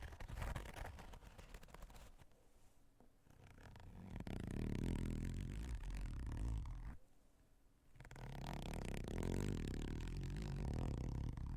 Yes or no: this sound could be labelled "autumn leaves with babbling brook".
no